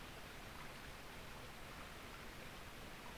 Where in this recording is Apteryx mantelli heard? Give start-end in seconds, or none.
none